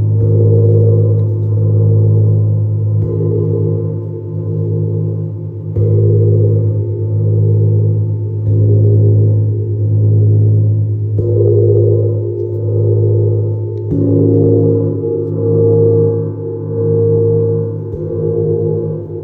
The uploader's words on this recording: This challenge is all about getting to know the vibrations of Neptune Gong.